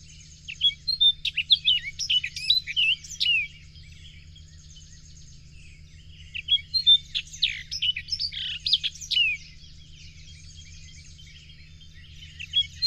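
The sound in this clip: Bird singing in repeated bouts of quick high chirps and slurs, with quieter pauses between, over a continuous low hum.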